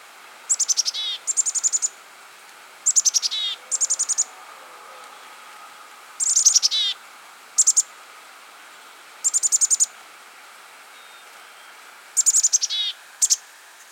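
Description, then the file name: Black-capped chickadee calling repeatedly: clusters of high sharp notes, some sliding downward, mixed with groups of rapid, steady high notes, in a lively irregular sequence. "Poecile atricapillus - Black-capped Chickadee"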